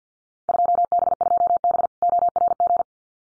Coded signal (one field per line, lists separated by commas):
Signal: Morse code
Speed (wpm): 50 wpm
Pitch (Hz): 700 Hz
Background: none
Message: 2B2B ORG